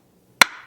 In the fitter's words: Tuh, kedengaran kan dia ada bunyi feedback satu kali lagi.